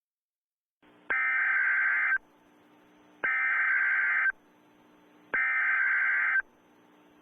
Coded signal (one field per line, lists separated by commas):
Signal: Emergency Alert System (SAME) tones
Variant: header bursts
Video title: Emergency Alert System Mock: Murderous Clowns